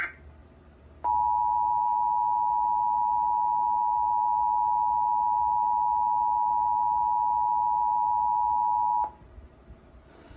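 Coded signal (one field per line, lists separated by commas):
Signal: Emergency Alert System (SAME) tones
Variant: 853 and 960 Hz attention tone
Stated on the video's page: Required monthly test carried by a cable provider.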